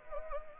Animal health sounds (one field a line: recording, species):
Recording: mosquito wingbeat signal from an infrared sensor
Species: Anopheles arabiensis